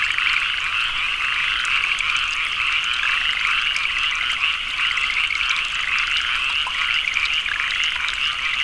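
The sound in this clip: Dense frog chorus of rapid rhythmic croaks layered over one another, holding a constant high trilling texture.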